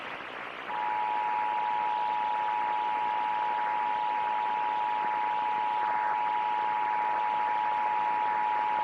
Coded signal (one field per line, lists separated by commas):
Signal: Emergency Alert System (SAME) tones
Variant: 853 and 960 Hz attention tone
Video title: Kern and LA’s Halloween Spirit! (Monthly EAS Tests from 10/31/23) (EAS #1,212-1,223)